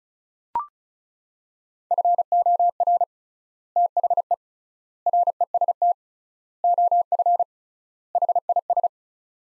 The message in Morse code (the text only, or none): FOR THE REST OF HIS